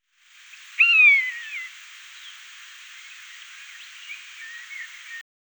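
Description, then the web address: Common buzzard giving a single brief, falling mew over steady background hiss, followed by faint scattered chirps. "Sissonne. Buse variable"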